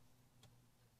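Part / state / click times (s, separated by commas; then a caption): SD card into car infotainment head unit slot / seated / 0.4 s. A new map and software SD card is pushed, pins facing down, into the SD slot of a Kia Niro EV's infotainment head unit until it latches. A single faint, short tick at 0.4 s stands out over a steady low hum, with no strong click. The card is seated in the slot.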